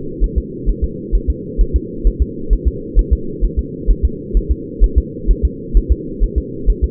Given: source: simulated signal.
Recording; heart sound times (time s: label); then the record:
fetal heart sounds
0.24 s: S1
0.38 s: S2
0.70 s: S1
0.84 s: S2
1.15 s: S1
1.30 s: S2
1.61 s: S1
1.76 s: S2
2.07 s: S1
2.22 s: S2
2.53 s: S1
2.68 s: S2
2.99 s: S1
3.13 s: S2
3.45 s: S1
3.59 s: S2
3.91 s: S1
4.05 s: S2
4.37 s: S1
4.52 s: S2
4.84 s: S1
4.98 s: S2
5.31 s: S1
5.45 s: S2
5.77 s: S1
5.92 s: S2
6.24 s: S1
6.38 s: S2
6.70 s: S1
6.84 s: S2
From the record:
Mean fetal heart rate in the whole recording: 130 bpm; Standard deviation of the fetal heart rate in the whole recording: 2 bpm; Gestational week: 36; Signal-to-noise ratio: -4.3 dB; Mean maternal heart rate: 72 bpm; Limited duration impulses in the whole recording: absent